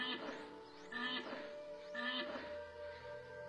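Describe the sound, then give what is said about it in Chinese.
A West African black rhinoceros calls in three strained, squealing bursts about a second apart, each a harmonic cry with a rising whistle-like sweep, over a steady background hiss. “西非黑犀牛于2011年灭绝。”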